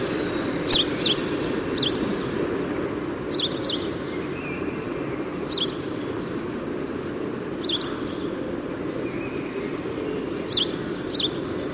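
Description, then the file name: House sparrow chirping, single and double sharp notes spaced a second or more apart, over constant low background hum. "Passer domesticus"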